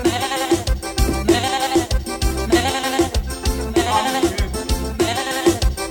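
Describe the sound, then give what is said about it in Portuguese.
A goat at a house bleats over and over in the morning, about six loud, wavering calls in a steady rhythm, each one quavering and nasal, with no talking. “Não, bode, velho.”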